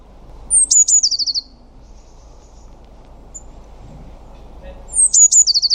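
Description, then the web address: "cianscape."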